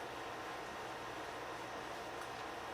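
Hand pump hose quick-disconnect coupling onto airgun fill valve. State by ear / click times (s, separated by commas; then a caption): not seated / none. The female quick-disconnect on a hand pump's hose is lined up by hand at the male fill valve of a Gamo Arrow .22 PCP airgun. Only a steady broadband hiss is heard, with no distinct impacts. The coupling has not clicked home yet.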